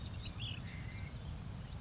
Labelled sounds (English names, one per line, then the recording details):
Ash-throated Flycatcher
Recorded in Sonoma County, California